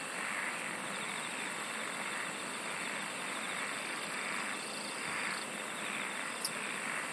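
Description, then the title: Insect chorus with a fast pulsed high trill in the middle and a brief lower buzz, all over a dense steady hiss. "SINGING OF INSECTS"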